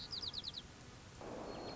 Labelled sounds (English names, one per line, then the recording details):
White-crowned Sparrow
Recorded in Sonoma County, California